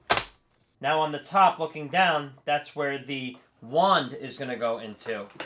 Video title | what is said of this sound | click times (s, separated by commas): Shark Performance Plus Vacuum Unboxing and Setup | So now you're going to take that and lock this in right here, and you're going to hear a click. | 0.1 s